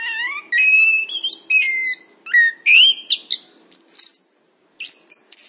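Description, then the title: Chestnut-capped thrush song, lower rising whistles and slurred phrases, then very high thin notes broken by a brief silence. "anis kembang"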